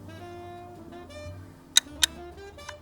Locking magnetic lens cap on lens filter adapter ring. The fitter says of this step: And then it locks into place like that.